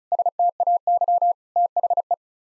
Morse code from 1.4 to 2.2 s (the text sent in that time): THE